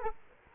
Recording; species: mosquito wingbeat signal from an infrared sensor; Culex quinquefasciatus